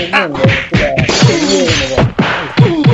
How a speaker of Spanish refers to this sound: Voy a poner el sonido de. Voy a poner el sonido de. ¿Dónde están los sonidos de puñetazos? Aquí. ¿Dónde están? Aquí.